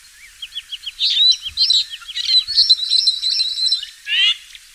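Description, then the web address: Fischer's lovebird chatter, a fast run of high, squeaky chirps and twittering notes, ending in a harsh rising screech near the close. Lovebirds, genus Agapornis, singing. "golosa ptic kak poyut popugai nerazlucniki agapornis. parrots agapornis-fischeri"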